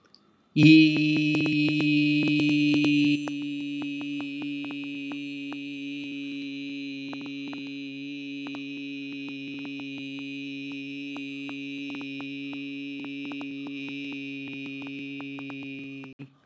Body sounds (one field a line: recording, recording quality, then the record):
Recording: sustained vowel as in beet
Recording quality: excellent, no background noise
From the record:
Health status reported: healthy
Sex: male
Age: 32 years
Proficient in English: yes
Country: India